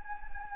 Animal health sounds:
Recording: mosquito wingbeat signal from an infrared sensor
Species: Anopheles gambiae

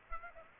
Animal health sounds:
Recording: mosquito wingbeat signal from an infrared sensor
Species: Aedes aegypti

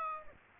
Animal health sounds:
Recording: mosquito wingbeat signal from an infrared sensor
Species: Aedes aegypti

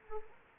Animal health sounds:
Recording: mosquito wingbeat signal from an infrared sensor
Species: Anopheles arabiensis

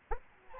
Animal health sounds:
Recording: mosquito wingbeat signal from an infrared sensor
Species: Aedes albopictus

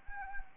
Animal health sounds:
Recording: mosquito wingbeat signal from an infrared sensor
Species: Anopheles arabiensis

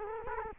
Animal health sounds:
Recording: mosquito wingbeat signal from an infrared sensor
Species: Culex quinquefasciatus

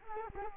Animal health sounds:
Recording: mosquito wingbeat signal from an infrared sensor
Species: Culex quinquefasciatus

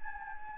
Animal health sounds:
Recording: mosquito wingbeat signal from an infrared sensor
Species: Anopheles gambiae

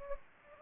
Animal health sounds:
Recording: mosquito wingbeat signal from an infrared sensor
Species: Anopheles gambiae

